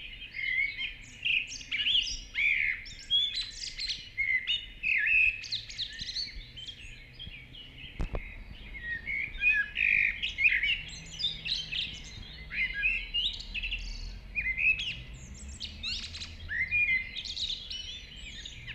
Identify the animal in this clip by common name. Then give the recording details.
Common Blackbird. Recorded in the wild. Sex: male. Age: adult. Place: Villach, Kärnten, AT. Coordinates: 46.6, 13.85. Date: 1969-05-22. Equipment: Uher 4000, Philips Mikrofon Type EL 6020. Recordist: Brunner, Thomas